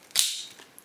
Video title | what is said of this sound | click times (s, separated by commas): How To Fix Dyson DC24 Hose (Replacement Part) | has a satisfying click and that's not going to come apart and this is way longer than before | 0.2 s